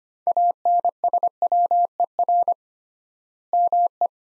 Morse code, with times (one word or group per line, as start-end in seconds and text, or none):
0.3-2.5 ANSWER
3.5-4.1 ME